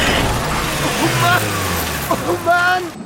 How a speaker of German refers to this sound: Der Wagen fliegt mehrere Meter über die Lichtung. Überschlägt sich nochmal.